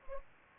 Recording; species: mosquito wingbeat signal from an infrared sensor; Anopheles gambiae